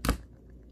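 A rubber-band loaded plastic brick mechanism on a toy dinosaur model, the Lego Spider-Man Venomsaurus Ambush set, is pushed down until it catches. A sharp plastic click sounds at 0.1 s, followed by a much fainter tick at 0.5 s. The mechanism locks in place.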